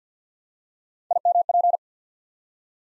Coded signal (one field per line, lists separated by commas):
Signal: Morse code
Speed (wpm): 50 wpm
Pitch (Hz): 700 Hz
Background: none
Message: IMP